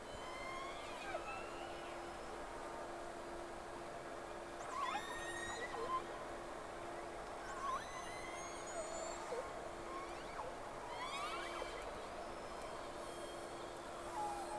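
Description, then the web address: Whale whistles in repeated bursts of steep up- and down-sweeping tones every few seconds, some very high, with a continuous low drone and underwater hiss throughout. Two whales, recorded 3 October 2006 at 11:30, first recording round. "Sea Snake 10-3-06 Whales X 2 11-30 Round 1"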